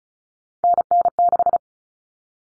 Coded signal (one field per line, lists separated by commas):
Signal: Morse code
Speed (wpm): 34 wpm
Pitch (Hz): 700 Hz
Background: none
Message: NN6